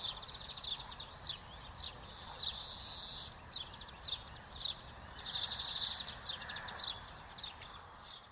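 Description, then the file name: European greenfinch song: long drawn-out nasal wheezes given twice, with quick twittering trills in between and steady background hiss. "Chloris chloris"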